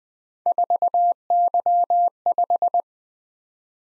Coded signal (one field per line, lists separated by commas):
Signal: Morse code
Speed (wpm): 20 wpm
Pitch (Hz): 700 Hz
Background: none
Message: 4Y5